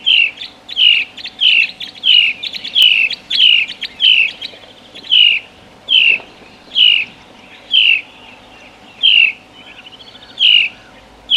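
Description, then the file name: House sparrow chirping steadily, many bright downslurred chirps in a long series, with a few softer twittering notes between them. "Passer domesticus"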